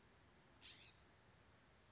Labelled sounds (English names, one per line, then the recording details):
California Scrub-Jay
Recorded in Sonoma County, California